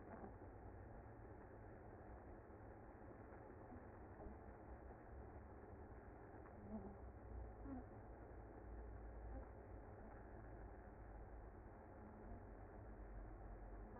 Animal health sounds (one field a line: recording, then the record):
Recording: honeybee colony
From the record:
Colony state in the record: active